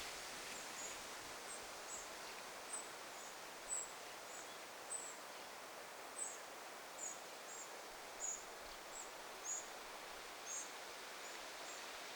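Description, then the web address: Eurasian wren begging calls, a string of faint, very high, brief squeaks at uneven intervals, some closely paired, running through the whole stretch against quiet hiss. Recorded 9 August 2026; wren fledglings begging. "paivat 9 8 2026 peukaloisen lentopoikaset kerjaavat"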